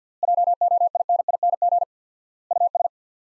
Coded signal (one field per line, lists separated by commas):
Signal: Morse code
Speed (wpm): 50 wpm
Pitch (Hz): 700 Hz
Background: none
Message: JOINING US